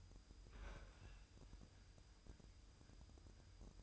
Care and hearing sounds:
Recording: daily activity, microphone in the room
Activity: open fridge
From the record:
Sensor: 2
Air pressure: 988.3 hPa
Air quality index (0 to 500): 191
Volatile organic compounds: 185 ppm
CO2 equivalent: 4161 ppm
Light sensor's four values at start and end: 21/70/27/26 and 21/70/27/26

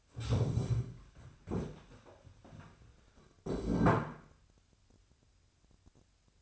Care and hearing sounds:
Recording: daily activity, microphone in the room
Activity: stand up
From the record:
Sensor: 2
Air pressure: 1015.1 hPa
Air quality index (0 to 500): 170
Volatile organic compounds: 10 ppm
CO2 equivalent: 2207 ppm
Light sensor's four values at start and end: 12/33/13/14 and 12/33/12/14

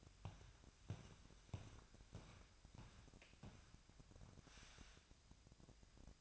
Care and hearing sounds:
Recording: daily activity, microphone in the room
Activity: walk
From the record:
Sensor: 2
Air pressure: 1012.0 hPa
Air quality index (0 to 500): 174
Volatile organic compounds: 2 ppm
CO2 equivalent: 1276 ppm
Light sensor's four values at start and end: 42/112/47/53 and 41/111/47/52

